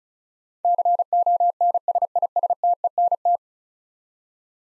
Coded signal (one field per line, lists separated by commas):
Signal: Morse code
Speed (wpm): 36 wpm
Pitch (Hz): 700 Hz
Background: none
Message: CONSISTENT